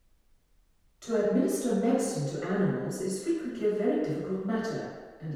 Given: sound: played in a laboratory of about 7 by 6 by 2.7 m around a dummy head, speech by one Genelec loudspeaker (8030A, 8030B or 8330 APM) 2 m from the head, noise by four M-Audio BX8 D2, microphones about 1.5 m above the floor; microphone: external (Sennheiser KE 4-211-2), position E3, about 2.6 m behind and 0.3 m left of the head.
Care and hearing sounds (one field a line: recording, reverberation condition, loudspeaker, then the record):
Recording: female speech in English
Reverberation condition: high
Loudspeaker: 60 degrees to the left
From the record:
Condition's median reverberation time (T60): about 1300 ms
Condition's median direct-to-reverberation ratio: about -4.0 dB